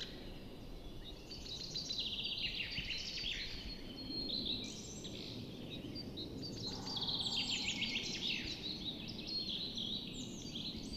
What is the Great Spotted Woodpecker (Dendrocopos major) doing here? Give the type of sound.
drumming